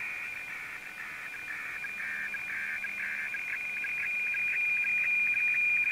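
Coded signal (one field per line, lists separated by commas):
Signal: weather fax (radiofax)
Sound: a steady high tone broken by rapid scratchy warbling dips to a lower pitch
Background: radio static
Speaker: see the the great legs coming up in the middle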